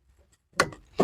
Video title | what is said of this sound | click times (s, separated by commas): Fitting rear brakes discs, pads & drop links to a Porsche 996 Turbo X50 - part 8 | there you go just get that satisfying click | 0.6 s